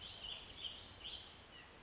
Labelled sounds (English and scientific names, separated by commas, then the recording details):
Warbling Vireo (Vireo gilvus)
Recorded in Sonoma County, California